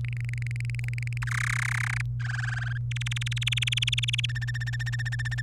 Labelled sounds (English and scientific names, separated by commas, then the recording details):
Domestic Canary (Serinus canaria) song
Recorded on 26 April 2018 at 18:22
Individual llb3